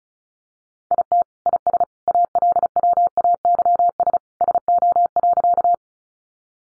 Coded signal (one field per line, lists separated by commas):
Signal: Morse code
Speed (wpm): 34 wpm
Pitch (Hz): 700 Hz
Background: none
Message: IT IS ALWAYS SO.